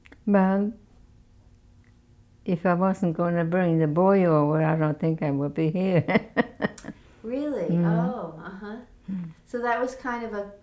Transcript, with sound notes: Well, if I wasn't going to bring the boy over, I don't think I would be here [Laughs]
Really? Oh, uh-huh. So that was kind of an